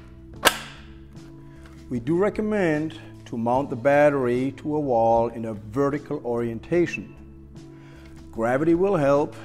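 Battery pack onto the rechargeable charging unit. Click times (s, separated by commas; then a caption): 0.5 s. A battery pack for an AKRUS AK 5010 MBS mammography stereotactic biopsy examination chair is set on the rails of its wall-mounted rechargeable charging unit and slid home. It latches with a sharp, audible click at 0.5 s, and the pack is seated. Someone then talks over a steady low hum.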